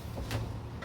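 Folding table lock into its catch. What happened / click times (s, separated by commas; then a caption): The folding table lock clicked back into place / 0.3 s. A button on the lock of a Cosco plastic folding table is pushed, and the lock snaps back into its catch with a sharp click at 0.3 s over a low rumble, with a shorter, quieter tick near 0.8 s. The lock is seated back in place.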